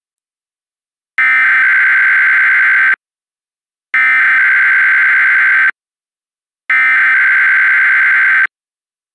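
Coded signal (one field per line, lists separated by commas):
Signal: Emergency Alert System (SAME) tones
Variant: header bursts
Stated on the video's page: Mock reenactment of a Texas required weekly test, using valid EAS tones.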